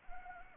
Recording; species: mosquito wingbeat signal from an infrared sensor; Anopheles arabiensis